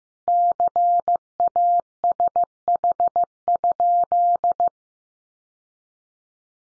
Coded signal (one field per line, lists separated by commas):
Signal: Morse code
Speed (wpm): 15 wpm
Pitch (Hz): 700 Hz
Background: none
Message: CASH?